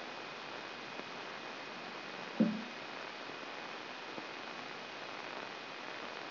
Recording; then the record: brain microelectrode recording played as sound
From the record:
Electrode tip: inside the subthalamic nucleus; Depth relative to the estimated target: 0 mm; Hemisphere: left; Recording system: AlphaMap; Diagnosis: Parkinson's disease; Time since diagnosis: 16 years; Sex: male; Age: 60 years